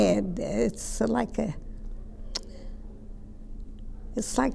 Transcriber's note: none